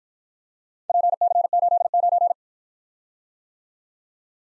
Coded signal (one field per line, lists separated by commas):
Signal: Morse code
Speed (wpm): 51 wpm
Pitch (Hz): 700 Hz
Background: none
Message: PC89